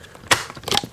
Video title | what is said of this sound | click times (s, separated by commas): Dyson DC65 Animal Unboxing and First Look | clicks right in place and then we're good to go | 0.8 s